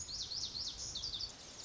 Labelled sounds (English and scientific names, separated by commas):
Lazuli Bunting (Passerina amoena)